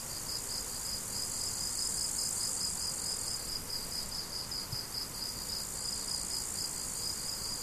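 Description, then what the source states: Crickets chirping, a steady run of short high pulses, layered over a continuous bright hiss. Crickets, recorded 17 July 2012 with an MZ-N710 recorder.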